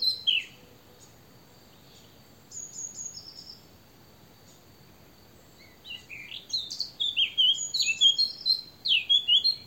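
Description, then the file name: Eurasian blackcap: a short burst, a quiet pause with faint high whistles, then a lively warbled phrase ending in clear fluty notes. "Sylvia atricapilla"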